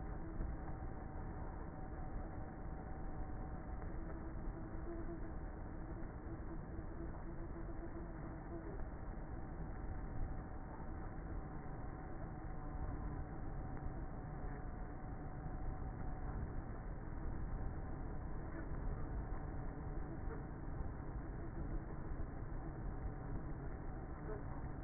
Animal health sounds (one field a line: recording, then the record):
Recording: honeybee colony, microphone inside the hive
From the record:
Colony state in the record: queenless with a low population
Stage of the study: before two queens were removed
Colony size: about 30,000 bees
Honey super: no